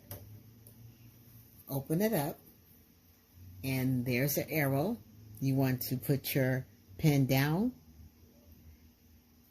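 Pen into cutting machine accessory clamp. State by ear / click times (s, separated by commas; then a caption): not seated / none. A pen is opened up and placed down into a cutting machine's accessory clamp, lined up along the arrow before being pushed home. Someone talks throughout, with brief faint handling sounds near the start, and the placing itself is quiet. Nothing has seated or clicked yet.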